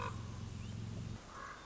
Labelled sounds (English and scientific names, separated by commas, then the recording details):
Common Raven (Corvus corax)
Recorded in Sonoma County, California